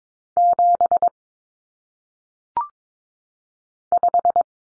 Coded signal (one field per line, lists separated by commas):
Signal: Morse code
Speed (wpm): 22 wpm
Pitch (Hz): 700 Hz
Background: none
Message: 7 5